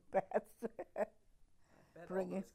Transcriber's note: laughs